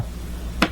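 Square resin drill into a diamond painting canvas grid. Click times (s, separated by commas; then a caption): 0.6 s. A square resin diamond drill is pressed onto the adhesive canvas of a diamond painting, between its neighbouring drills. After a low, steady background, a short sharp pop is heard at 0.6 s as the drill snaps into place and seats.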